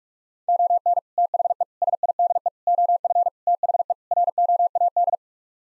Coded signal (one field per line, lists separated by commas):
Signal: Morse code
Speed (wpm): 46 wpm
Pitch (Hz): 700 Hz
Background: none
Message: ON THE SIDE OF THE ROAD